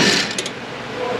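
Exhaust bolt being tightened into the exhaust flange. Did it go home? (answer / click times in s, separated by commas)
yes / 0.4 s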